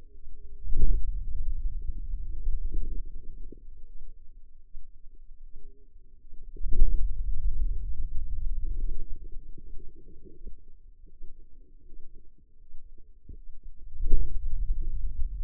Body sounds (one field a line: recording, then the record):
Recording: forearm muscle sounds (acoustic myography)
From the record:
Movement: hand closing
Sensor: system 2, bracelet of six BSWA MPA416 microphones around the upper forearm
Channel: 5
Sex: female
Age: 25 years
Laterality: right